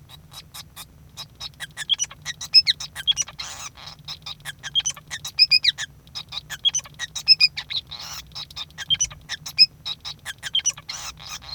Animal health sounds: song of a male Bengalese finch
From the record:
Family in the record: son of father 5

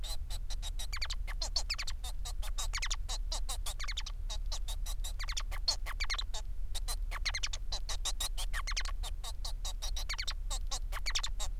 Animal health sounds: song of a male Bengalese finch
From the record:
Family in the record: son of father 4

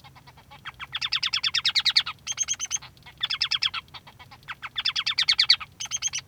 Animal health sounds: song of a male Bengalese finch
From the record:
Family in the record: son of father 3

